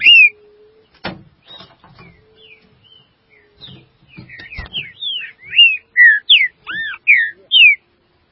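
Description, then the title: Green-winged saltator song: a loud opening note, soft scattered clicks and thin notes, then a run of loud, rich whistled phrases, each note arching or sliding down, delivered rapidly. "Trinca Ferro"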